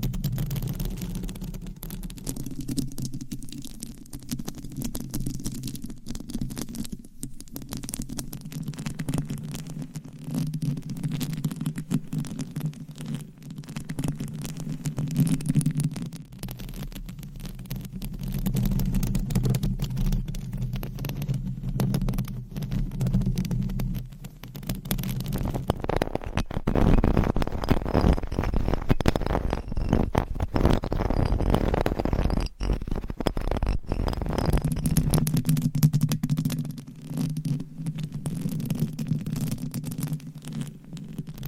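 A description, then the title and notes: Dense scratching and rubbing on a microphone with low muffled rumble, growing brighter and louder from about 26 to 36 seconds. ASMR with 200 MICS! Different Mic Covers & Nails Mic Scratching , Massage & More No Talking.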